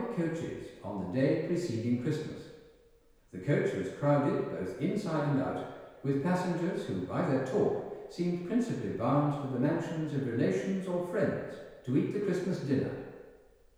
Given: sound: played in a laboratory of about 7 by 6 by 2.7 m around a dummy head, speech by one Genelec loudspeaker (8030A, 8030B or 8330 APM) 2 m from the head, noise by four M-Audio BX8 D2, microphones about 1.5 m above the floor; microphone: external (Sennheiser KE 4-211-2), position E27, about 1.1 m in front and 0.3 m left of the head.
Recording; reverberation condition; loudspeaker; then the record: male speech in English; high; behind (180 degrees)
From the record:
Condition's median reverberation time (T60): about 1300 ms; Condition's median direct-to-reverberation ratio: about -4.0 dB